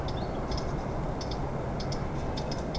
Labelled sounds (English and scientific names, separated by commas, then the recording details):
Eurasian Blackcap (Sylvia atricapilla)
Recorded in Germany
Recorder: ecoPi